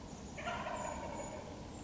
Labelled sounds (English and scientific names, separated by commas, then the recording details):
Wild Turkey (Meleagris gallopavo)
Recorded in Sonoma County, California